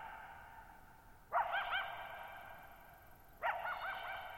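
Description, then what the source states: Coyote giving two wavering, yelping barks about two seconds apart, each tone wobbling up and down before a drawn-out echo. Lone coyote at night, July 14, 2019, Thirtymile Meadows, Okanogan National Forest, Okanogan High Country, Pacific Northwest, 6400 ft (1950 m); high dry plateau, shallow-bowl meadow.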